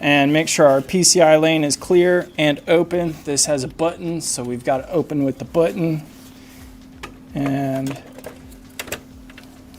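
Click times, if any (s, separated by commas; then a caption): 8.8 s. A graphics card is pushed down into a motherboard PCIe slot after the slot's retention button has been opened, while someone talks. A short sharp click is heard at 8.8 s as the plastic latch snaps shut and the card seats.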